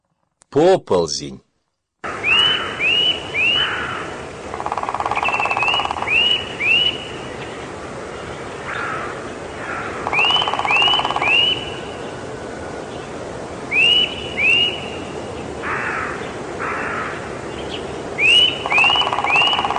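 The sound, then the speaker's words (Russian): Soft, clear whistles of wild bullfinches flitting from bush to bush, in short clusters of two or three rising notes, repeating every few seconds over a steady background hiss with faint chirps. “Любовался так же, как возле зимней дороги, на вольной воле, перелетая с куста на куст, свистят мои друзья-снегири.”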